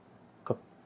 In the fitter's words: Dia bunyi tek.